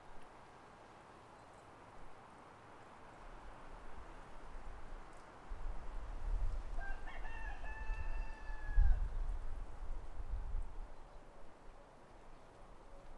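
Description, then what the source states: Rooster giving a single crow midway through, over low rumbling background noise. Countryside atmosphere.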